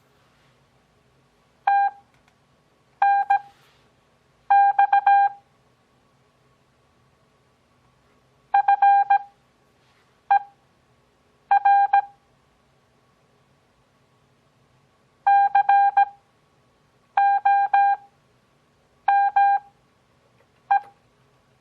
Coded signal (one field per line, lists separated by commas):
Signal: Morse code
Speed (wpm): 17 wpm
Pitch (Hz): 800 Hz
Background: none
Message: TNX FER COME